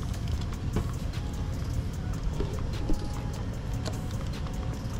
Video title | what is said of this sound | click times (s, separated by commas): PREVENT Your FoxBody AOD From BLOWING UP! // Throttle Valve Transmission Cable Install | oh yeah there it went all right and just go until it snaps yeah and there you go all right so now it's locked | 3.9 s